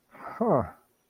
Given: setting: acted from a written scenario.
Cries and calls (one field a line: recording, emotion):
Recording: vocal sound without words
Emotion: realization